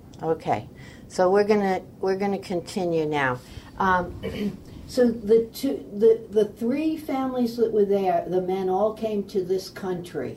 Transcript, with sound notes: Okay so we're gonna -- were gonna continue now. Um (clears throat) So the two -- the the three families that were there the men all came to this country.